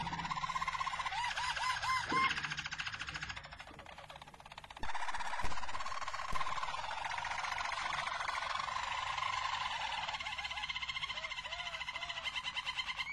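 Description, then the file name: Harz Roller canary song: continuous rolling trills with a few repeated arched notes. Harz Roller canary, described as a Belgian canary; its song. "canto do canario belga harz roller"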